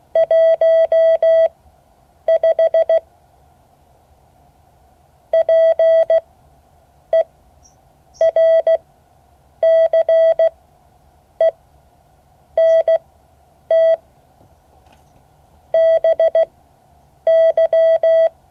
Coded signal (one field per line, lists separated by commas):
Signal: Morse code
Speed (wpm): 16 wpm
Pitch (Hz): 650 Hz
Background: none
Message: 15 PERCENT BY